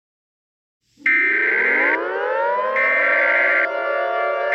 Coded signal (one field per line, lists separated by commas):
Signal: Emergency Alert System (SAME) tones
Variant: header bursts